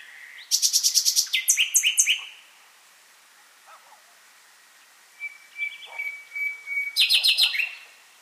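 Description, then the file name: Common nightingale song: a burst of rapid repeated high notes and short slurs, a pause, a long level whistle, then another fast rattling series. "Luscinia megarhynchos"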